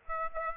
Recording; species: mosquito wingbeat signal from an infrared sensor; Aedes aegypti